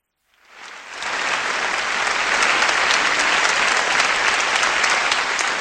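Applause rises within the first second and holds steady as a dense, continuous patter of many hands clapping, loud and even throughout with no voices standing out.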